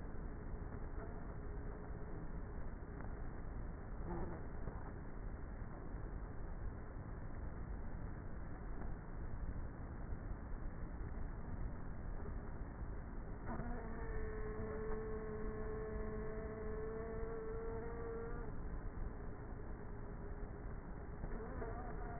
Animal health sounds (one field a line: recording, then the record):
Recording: honeybee colony, microphone inside the hive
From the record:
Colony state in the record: queenless with a low population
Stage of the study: before two queens were removed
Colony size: about 30,000 bees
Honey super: no